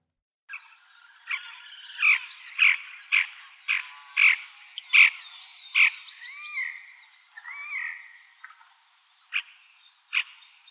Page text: Красношейная поганка - Podiceps auritus